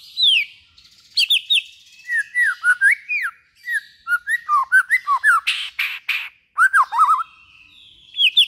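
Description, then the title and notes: White-rumped shama song of quick varied whistles, many short downslurred and upslurred notes in series, with a couple of harsh noisy bursts later on. Used as a lure for trapping. "Pikat Murai Batu. Burung Murai Batu"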